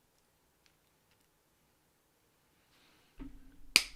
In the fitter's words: There we go. Just takes a little bit of force. Yep, that snapped right in. Perfect.